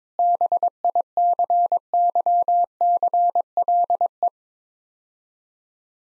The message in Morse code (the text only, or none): BICYCLE